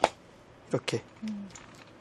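A DRAM memory module, its notch lined up with the slot key, is pressed with force into a motherboard DIMM slot and gives a sharp hit at 0.0 s as it seats. Someone then talks briefly, followed by a few faint small ticks.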